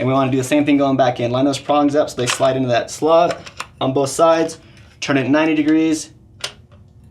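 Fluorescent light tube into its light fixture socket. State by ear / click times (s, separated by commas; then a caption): seated / 6.4 s. Someone talks while a fluorescent grow-light tube is put back into its light fixture socket, its prongs lined up with the slots on both sides and the tube turned 90°. A sharp click at 6.4 s marks the tube twist-locking into the socket, seated solidly.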